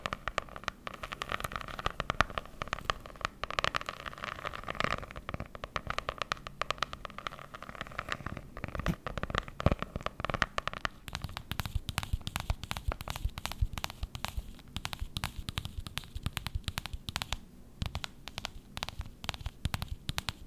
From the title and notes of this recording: Tapping ASMR.